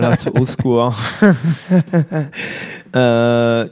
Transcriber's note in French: rires